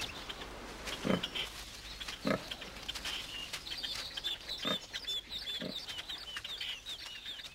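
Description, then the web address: Wild boar grunting in four brief, harsh bursts spread throughout, while small birds chirp and twitter in the background. "Actividades jabali"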